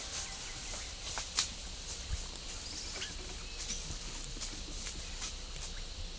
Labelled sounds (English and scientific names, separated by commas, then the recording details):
none
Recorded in pastures near Puerto Asís, Putumayo, Colombia, on 18 December 2024 at 10:00
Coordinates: 0.497, -76.327
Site G088